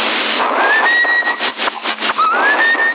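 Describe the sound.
Someone whistles a tune: a few thin, sustained high notes with gliding rises between them, heard over a steady muffled, phone-like background hiss.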